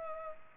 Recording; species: mosquito wingbeat signal from an infrared sensor; Culex pipiens